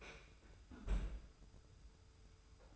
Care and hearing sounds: daily activity, microphone in the room; close fridge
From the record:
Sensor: 2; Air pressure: 990.9 hPa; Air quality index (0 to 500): 125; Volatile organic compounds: 108 ppm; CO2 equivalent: 3804 ppm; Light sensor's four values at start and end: 24/57/23/23 and 24/57/23/23

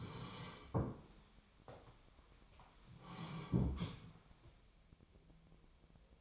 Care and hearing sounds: daily activity, microphone in the room; sit down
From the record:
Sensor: 1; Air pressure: 1015.2 hPa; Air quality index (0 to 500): 193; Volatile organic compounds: 20 ppm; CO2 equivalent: 2706 ppm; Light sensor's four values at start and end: 12/29/12/13 and 12/30/12/13

